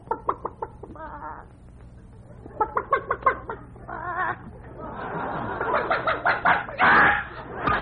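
A flock of chickens being fed corn clucks in quick, repeated bursts, chattering over one another and growing denser and louder toward the end, with a low steady hum underneath.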